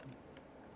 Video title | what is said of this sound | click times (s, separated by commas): KREG ASC | that won't lock in place there | none